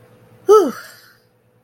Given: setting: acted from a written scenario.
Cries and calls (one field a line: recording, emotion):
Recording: vocal sound without words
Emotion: relief